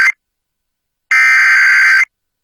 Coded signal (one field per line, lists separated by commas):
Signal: Emergency Alert System (SAME) tones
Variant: header bursts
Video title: EAS #953-954: 2 EAS Severe Thunderstorm Warnings- Aug. 5, 2024